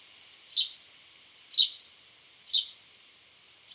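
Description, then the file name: House sparrow calling with four crisp, slightly descending chirps about one second apart, a few faint thin notes in between, background otherwise quiet. "Passer domesticus"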